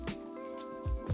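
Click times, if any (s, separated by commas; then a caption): none. A plastic dust brush tool is lined up groove to groove with a Soniclean HH-2 cordless handheld vacuum and handled toward the mount, with a short burst near 0.1 s and low handling thumps around 0.9 s and 1.1 s over a steady tonal hum. Nothing has seated or clicked yet.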